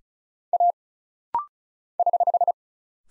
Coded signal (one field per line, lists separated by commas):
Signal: Morse code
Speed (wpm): 36 wpm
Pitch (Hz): 700 Hz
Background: none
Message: A <HH>